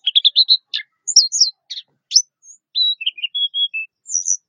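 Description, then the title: Orange-headed thrush song, opening with a quick stuttered series of notes, then sharp high chirps, level whistles and falling slurs in rapid succession. "Anis Merah"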